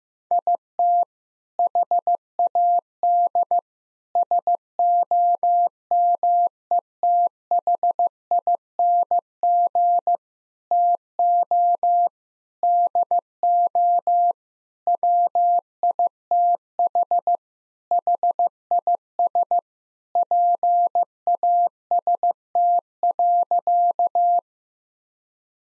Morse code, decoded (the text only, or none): IT HAD SOMETHING TO DO WITH HIS PAST.